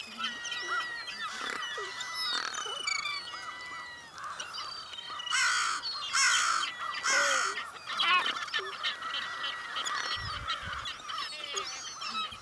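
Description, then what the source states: American Crow uttering unusual rattling and honking notes in loose irregular bouts, with a few harsh noisy bursts midway. Very weird vocalizations, with some normal calls in the middle; calling at a compost site.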